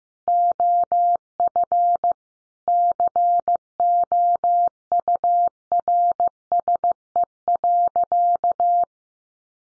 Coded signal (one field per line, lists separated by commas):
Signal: Morse code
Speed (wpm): 15 wpm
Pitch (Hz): 700 Hz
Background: none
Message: OF COURSE.